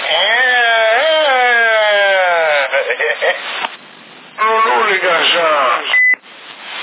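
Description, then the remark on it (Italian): Harsh, buzzy electronic effect over a CB radio in Sassari, August 2011: siren-like wailing tones sweep up and down, broken by choppy machine-gun-like staccato bursts, ending with a short high beep. “Mitraglia.”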